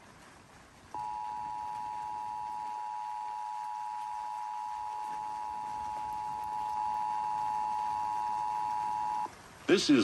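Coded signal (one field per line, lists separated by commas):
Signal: Emergency Alert System (SAME) tones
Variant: 853 and 960 Hz attention tone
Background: speech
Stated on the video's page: San Francisco Bay Area monthly EAS test.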